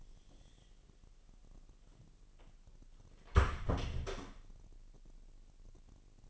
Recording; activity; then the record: daily activity, microphone in the room; close door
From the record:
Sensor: 4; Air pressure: 1002.0 hPa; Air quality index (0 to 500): 247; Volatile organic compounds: 40 ppm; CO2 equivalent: 3154 ppm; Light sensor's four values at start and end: 9/20/8/7 and 9/21/8/7